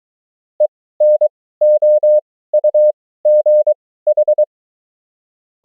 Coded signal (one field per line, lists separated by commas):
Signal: Morse code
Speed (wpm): 24 wpm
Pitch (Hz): 600 Hz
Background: none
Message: ENOUGH